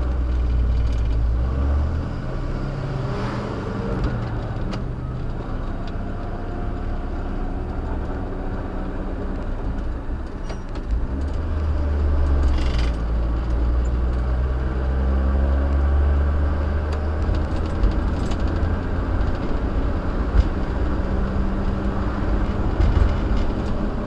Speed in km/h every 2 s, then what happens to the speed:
11, 24, 29, 31, 31, 32, 37, 47, 52, 60, 66, 71.
0-3 speeds up to 29. 3-11 steady at about 31. 11-24 speeds up to 71.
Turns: 7-12.